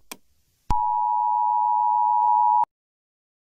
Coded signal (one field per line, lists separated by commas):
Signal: Emergency Alert System (SAME) tones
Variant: 853 and 960 Hz attention tone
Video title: top 4 north korean eas alarm